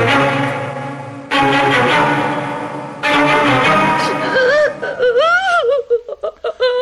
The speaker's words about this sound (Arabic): كفاية عياط